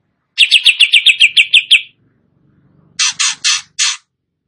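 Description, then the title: Greater green leafbird singing a quick run of about ten clear, evenly spaced chirps, then a short gap and four harsher, broader notes. Singing actively and persistently, described as gacor. "Cucak Ijo Gacor"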